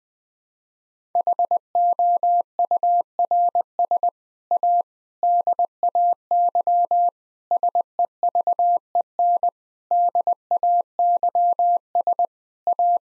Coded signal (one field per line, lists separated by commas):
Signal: Morse code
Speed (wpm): 21 wpm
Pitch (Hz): 700 Hz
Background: none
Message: HOURS A DAY SEVEN DAYS A